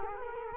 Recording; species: mosquito wingbeat signal from an infrared sensor; Culex quinquefasciatus